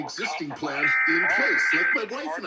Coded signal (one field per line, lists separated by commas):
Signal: Emergency Alert System (SAME) tones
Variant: header bursts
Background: speech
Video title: Washington State EOC Required Monthly Test EAS(4-10-2021)